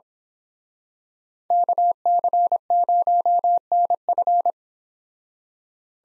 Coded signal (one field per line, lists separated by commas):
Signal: Morse code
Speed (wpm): 26 wpm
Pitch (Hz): 700 Hz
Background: none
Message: KC0NF